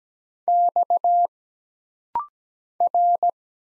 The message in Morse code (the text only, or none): X R